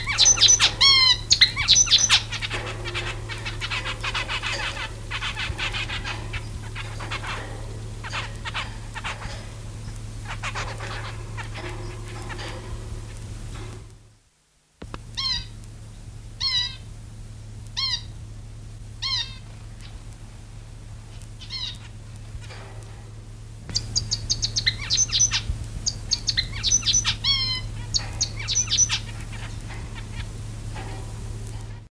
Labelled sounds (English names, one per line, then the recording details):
Zebra Finch
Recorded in captivity
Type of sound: sound during copulation
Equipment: Halbspur, 9,5 cm/s
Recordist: Lütgens, Hans
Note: Kopula